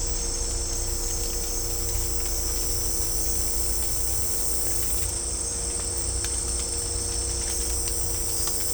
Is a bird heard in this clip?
no